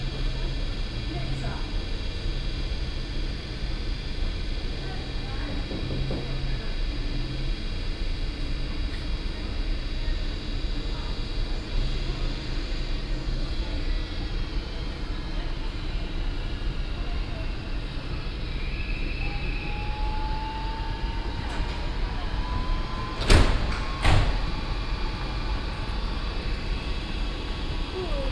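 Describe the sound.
Steady rumble of busy platform 1 at Wolfsburg main station (Hauptbahnhof), Germany, with a low mechanical hum, scattered murmur of people talking, a rising squeal like braking wheels, and a couple of sharp metallic clanks near the end.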